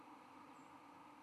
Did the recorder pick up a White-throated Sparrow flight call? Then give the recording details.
no. Another species' flight call is heard. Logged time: 11:08 on 13 November 2014